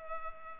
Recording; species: mosquito wingbeat signal from an infrared sensor; Culex pipiens